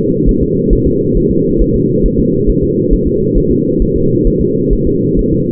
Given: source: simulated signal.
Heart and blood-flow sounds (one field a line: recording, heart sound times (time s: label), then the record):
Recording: fetal heart sounds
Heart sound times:
0.29 s: S1
0.43 s: S2
0.73 s: S1
0.87 s: S2
1.17 s: S1
1.31 s: S2
1.62 s: S1
1.75 s: S2
2.06 s: S1
2.19 s: S2
2.50 s: S1
2.63 s: S2
2.93 s: S1
3.07 s: S2
3.38 s: S1
3.51 s: S2
3.82 s: S1
3.96 s: S2
4.27 s: S1
4.41 s: S2
4.73 s: S1
4.87 s: S2
5.19 s: S1
5.33 s: S2
From the record:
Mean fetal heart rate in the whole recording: 135 bpm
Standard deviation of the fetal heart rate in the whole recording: 3 bpm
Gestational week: 36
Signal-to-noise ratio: -11.2 dB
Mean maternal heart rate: 72 bpm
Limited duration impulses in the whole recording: present